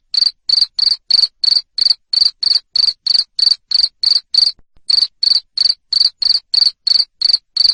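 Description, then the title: Cricket producing shrill pulsed chirps in a regular rhythm, around three each second, interrupted once by a short pause. Loud cricket chirping used to make lovebirds sing continuously. "Suara JANGKRIK NGERIK Keras Bikin LOVEBIRD Jadi NGEKEK Terus Vubey"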